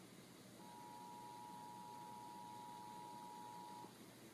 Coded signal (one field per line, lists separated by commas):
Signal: Emergency Alert System (SAME) tones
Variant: 853 and 960 Hz attention tone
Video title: [EAS #42-48] San Francisco, Sacramento, and Fresno's Required Monthly Tests